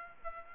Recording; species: mosquito wingbeat signal from an infrared sensor; Aedes aegypti